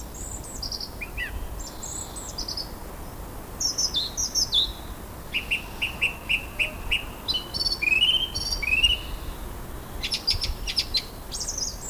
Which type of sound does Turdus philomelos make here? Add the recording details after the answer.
song. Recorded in the wild. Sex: male. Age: adult. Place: Friedhof Lübars, Berlin, DE. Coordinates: 52.6, 13.35. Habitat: city cemetery. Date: 2000-03-26 14:24. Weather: overcast, 12°C. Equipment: Nagra SN, Kopie Uher 4000 Report Monitor. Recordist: Tembrock, Günter. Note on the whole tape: Gesang, längere Strecke